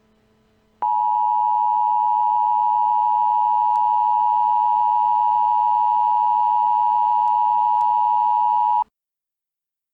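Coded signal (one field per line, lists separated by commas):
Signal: Emergency Alert System (SAME) tones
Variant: 853 and 960 Hz attention tone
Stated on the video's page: Fictional EAS scenario, a Christmas special.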